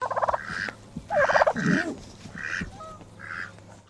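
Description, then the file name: Domestic turkey calls: a rapid pulsed rattle, then harsh bursts and several yelping notes, softer toward the end. Domestic turkey call sequence. "Bird Turkey Domestic Call Sequence"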